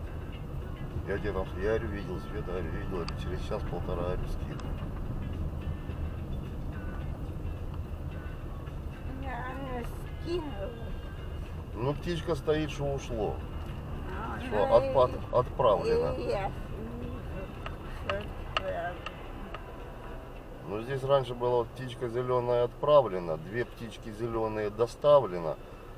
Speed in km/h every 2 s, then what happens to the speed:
14, 15, 18, 17, 15, 10, 13, 14, 12, 7, 4, 1, 0.
0-15 steady at about 14. 15-21 slows to 1. 21-26 standing.